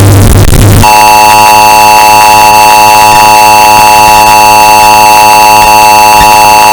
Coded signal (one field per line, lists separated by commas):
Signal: Emergency Alert System (SAME) tones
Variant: 853 and 960 Hz attention tone